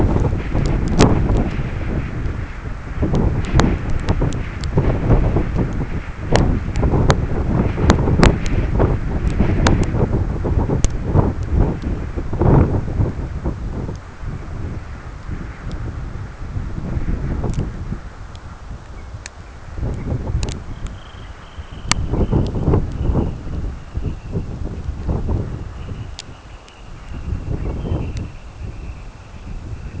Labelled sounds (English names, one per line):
unidentified sound
Semipalmated Sandpiper